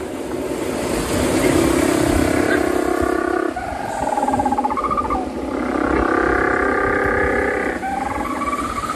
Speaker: The sounds of the little penguin breeding are used for a conservation project in Eden.